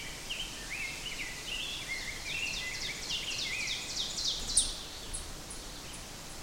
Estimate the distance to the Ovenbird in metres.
about 35 m